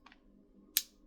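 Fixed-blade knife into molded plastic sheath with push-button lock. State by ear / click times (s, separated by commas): seated / 0.8 s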